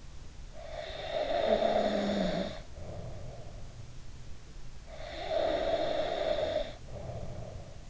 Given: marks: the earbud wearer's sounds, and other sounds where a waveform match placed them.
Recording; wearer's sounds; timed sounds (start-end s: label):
sounds in sleep by an in-ear microphone; snoring breath
0.60-3.77 s: snoring breath
4.84-7.90 s: snoring breath